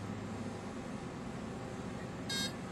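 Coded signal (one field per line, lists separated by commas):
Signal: beep code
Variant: brushless RC motor ESC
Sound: low background hum, then a single short buzzy electronic beep near the end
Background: low hum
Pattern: 1 short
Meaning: Programming step one: the brake setting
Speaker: and we're going to hear the one be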